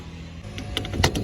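After the side wall of an A-frame camper is fully reseated, a metal latch is pushed over the catch that holds the two top roof panels together. A few lighter clicks lead up to one sharp snap at 1.0 s, followed by a softer click. The latch seats in place.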